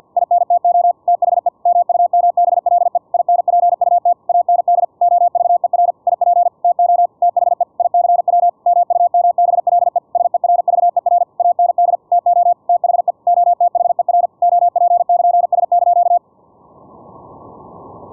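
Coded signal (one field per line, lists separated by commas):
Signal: Morse code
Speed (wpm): 50 wpm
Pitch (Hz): 700 Hz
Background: none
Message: INTO THE MUMBLE INPUT AND OVER IP TO THE ICW MUMBLE SERVER AND TO THE OTHER OP<KN>S)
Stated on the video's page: CW sent over internet on a Mumble server at simulated 10 kHz VLF, received with QUISK SDR using adjustable pitch, AGC and CW bandpass filters.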